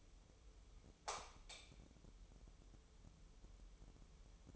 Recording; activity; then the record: daily activity, microphone in the room; light on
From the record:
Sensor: 1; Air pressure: 988.4 hPa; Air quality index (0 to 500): 198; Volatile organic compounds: 1000 ppm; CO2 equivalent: 5291 ppm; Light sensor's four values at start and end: 8/21/8/10 and 12/37/14/15